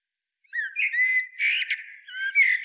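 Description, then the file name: Common blackbird calls: a continuous stream of harsh, squawky notes mixed with thin whistled tones, loud and unbroken after a short silence. "Turdus merula"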